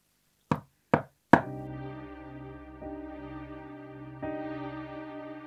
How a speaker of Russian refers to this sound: Теперь остается только постучать в дверь.